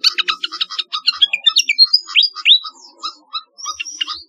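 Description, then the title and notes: Flycatcher singing a fast series of chirps and rising and falling whistled slurs, the notes slowing and spacing out toward the end. "Kicau Burung Sikatan"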